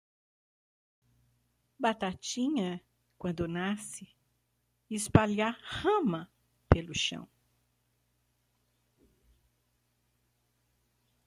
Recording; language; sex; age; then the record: short text; Brazilian Portuguese; female; 60 to 69 years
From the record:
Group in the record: control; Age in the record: 67 years